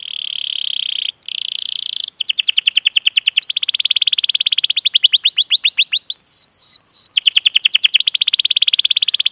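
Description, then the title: Canary singing continuously: a steady buzzy trill that turns into quick rattling note series, with a few clear downward whistles midway. Song used as a lure (pancingan) to prompt a canary to sing; described as vigorous, long singing (gacor panjang) and as master song material. "PANCINGAN Kenari GACOR PANJANG. Pancingan Gacor Masteran"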